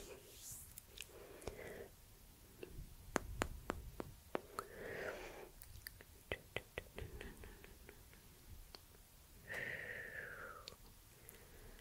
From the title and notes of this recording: ASMR Plucking and Pulling with hand movements + soft mouth sounds and tongue clicking for sleep.